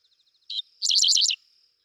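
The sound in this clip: Dickcissel song: a short introductory note followed by a quick, dry, buzzy series of several high, clipped notes.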